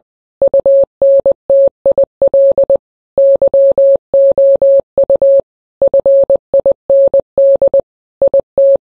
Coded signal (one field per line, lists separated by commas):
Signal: Morse code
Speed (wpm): 20 wpm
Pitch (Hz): 550 Hz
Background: none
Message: UNTIL YOU FIND IT